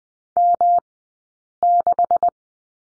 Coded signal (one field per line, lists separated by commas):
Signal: Morse code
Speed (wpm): 20 wpm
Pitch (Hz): 700 Hz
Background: none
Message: M6